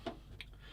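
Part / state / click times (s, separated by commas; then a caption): plastic model kit part into the submarine hull / seated / 0.4 s. A plastic part from a Bronco Mk XXIII submarine 1/35 scale model kit (CB35104) is pressed onto the submarine hull. A soft low thud at 0.1 s is followed by a sharp, bright click at 0.4 s, with a faint tick after it. The part clicks straight into place and is seated.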